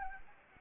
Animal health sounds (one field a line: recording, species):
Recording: mosquito wingbeat signal from an infrared sensor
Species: Anopheles gambiae